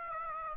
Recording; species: mosquito wingbeat signal from an infrared sensor; Aedes aegypti